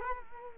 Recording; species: mosquito wingbeat signal from an infrared sensor; Culex quinquefasciatus